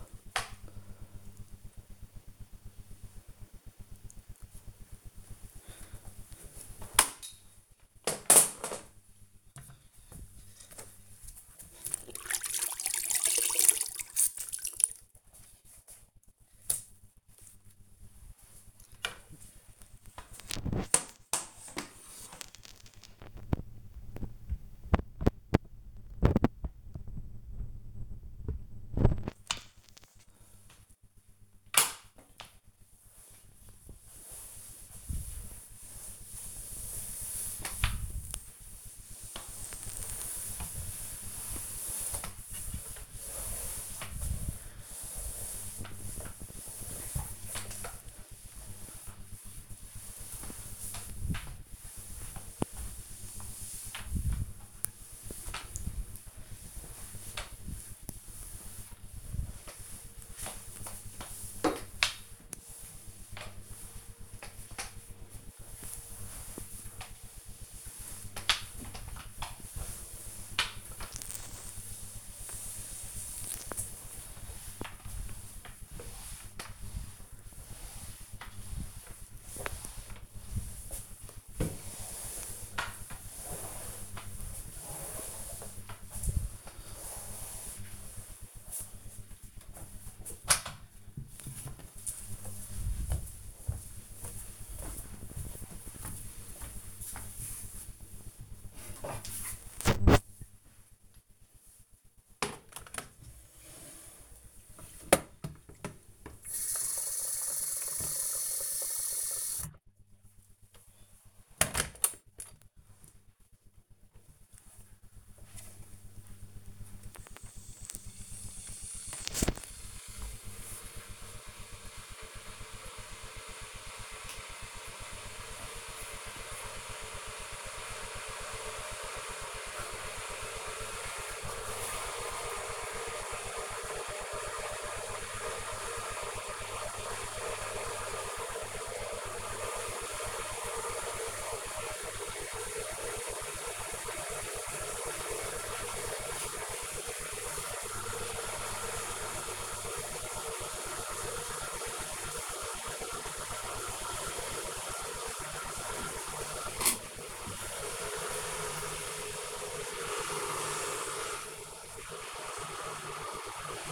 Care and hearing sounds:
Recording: household activities, microphone on the right wrist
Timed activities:
4.83-89.24 s: floor cleaning
98.28-163.92 s: making tea

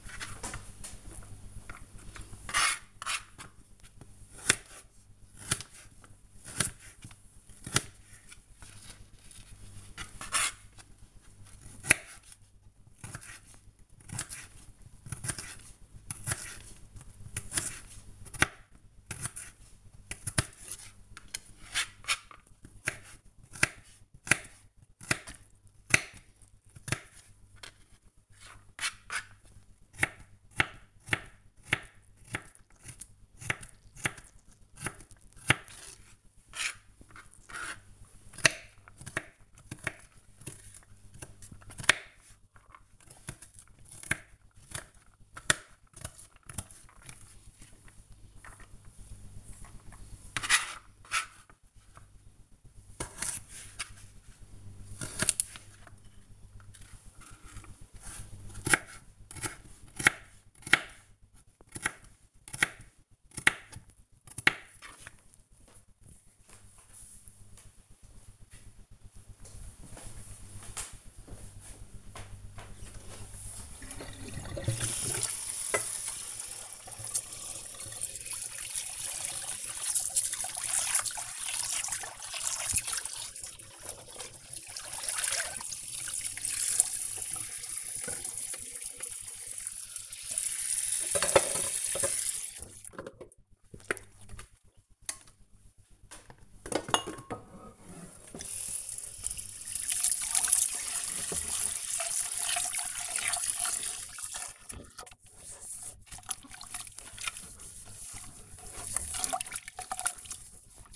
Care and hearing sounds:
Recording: household activities, microphone on the right wrist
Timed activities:
0.00-64.76 s: cutting vegetables
71.81-110.96 s: washing dishes

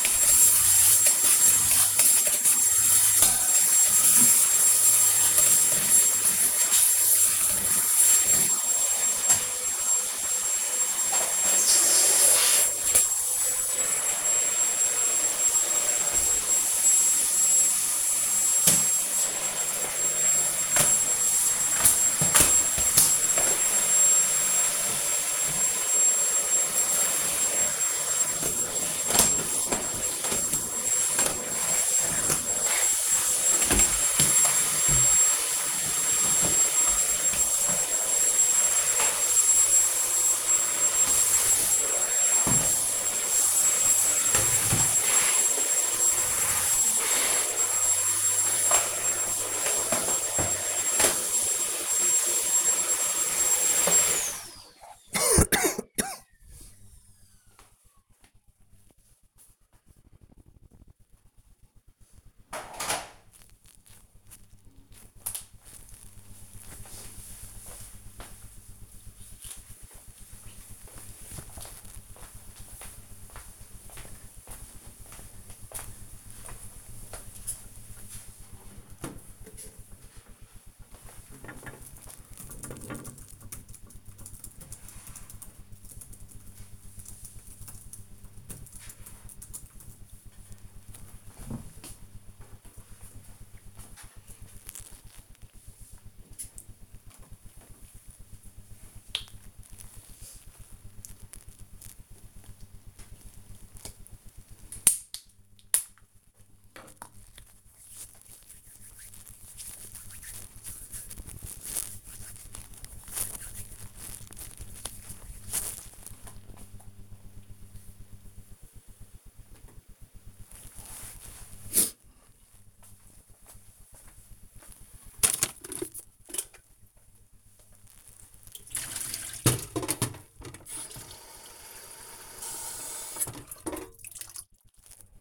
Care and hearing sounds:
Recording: household activities, microphone on the right wrist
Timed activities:
0.00-54.14 s: vacuum cleaning
96.51-115.67 s: disinfecting hands
124.73-135.21 s: making tea

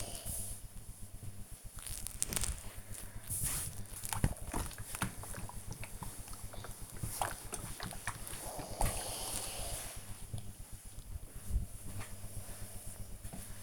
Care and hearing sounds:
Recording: household activities, microphone on the right wrist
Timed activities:
0.00-13.63 s: ironing laundry

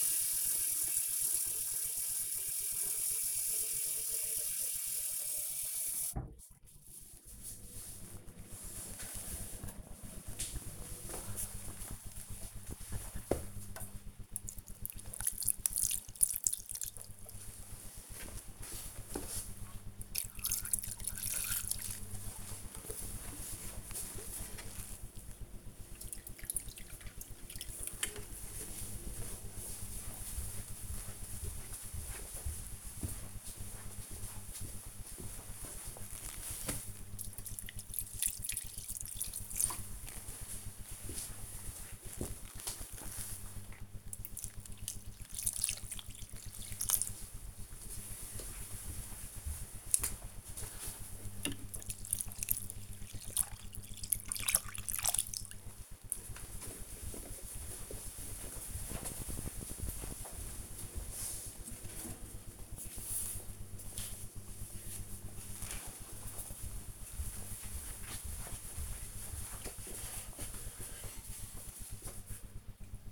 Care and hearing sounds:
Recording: household activities, microphone on the right wrist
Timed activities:
0.00-59.91 s: watering plant

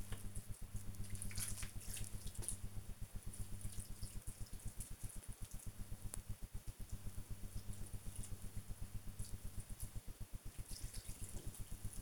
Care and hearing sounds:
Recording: household activities, microphone on the right wrist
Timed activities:
0.00-12.02 s: watering plant

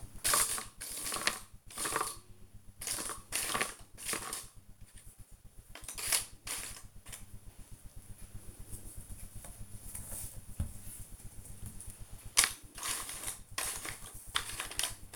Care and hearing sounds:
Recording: household activities, microphone on the right wrist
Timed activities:
0.00-15.16 s: doing a puzzle

